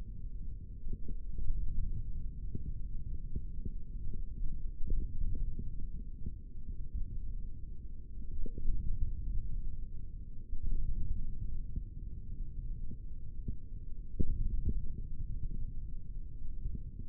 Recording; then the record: forearm muscle sounds (acoustic myography)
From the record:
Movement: index flexion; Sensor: system 3, bracelet of six PUI Audio POM-2738L microphones around the upper forearm, with dedicated amplification and filtering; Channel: 6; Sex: male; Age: 23 years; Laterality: right